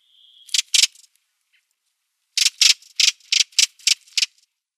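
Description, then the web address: Redwing harsh calls: a brief thin steady tone, then two rasping bursts, a short pause, and a quick run of several grating notes. "Schulze Peter Redwing calls"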